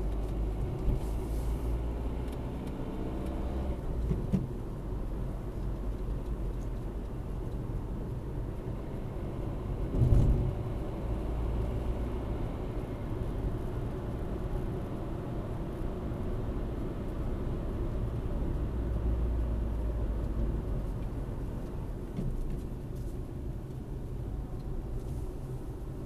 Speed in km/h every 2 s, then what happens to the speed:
49, 52, 44, 38, 49, 62, 69, 66, 66, 56, 45, 38, 41.
2-5 brakes to 38. 7-13 speeds up to 69. 13-22 slows to 38.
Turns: 17-23.